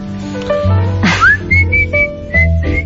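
A person whistles a short, wavering tune: a quick rising swoop, then several sustained high notes with brief breaks between them, over a low background rumble.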